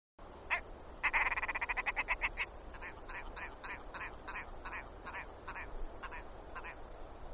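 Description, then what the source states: Willow ptarmigan giving a harsh croaking rattle: rapid pulses quicken into a dense burst, then slow into evenly spaced croaks over several seconds, above a steady background hiss. Denali, Alaska, 2 August 2012, 03:57.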